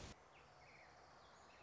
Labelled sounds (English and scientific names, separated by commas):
Orange-crowned Warbler (Leiothlypis celata)